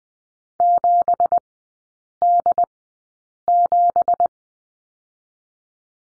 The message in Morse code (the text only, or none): 7D7